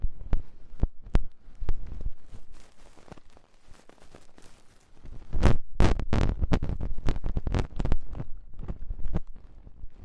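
Ear cleaning with rhinestones and clay being removed: sharp clicks and scrapes hit irregularly against a quiet bed, with low thumps under them. The first half is sparse, with a few crisp taps. From about five seconds the handling grows denser and louder, with rapid rubbing and scratching.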